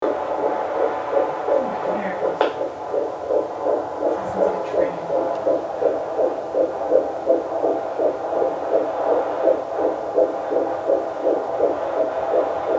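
Rapid, regular pulsing beats at about 165 a minute sound over a steady humming background. This is the fetal heartbeat at 11 weeks of pregnancy, picked up through the mother's body.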